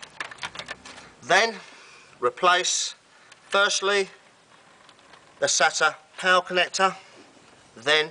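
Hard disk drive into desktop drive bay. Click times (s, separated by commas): 0.2 s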